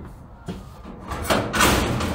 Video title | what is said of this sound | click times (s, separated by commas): Livestock Trailer Walk Around | Locks into place. | 1.3 s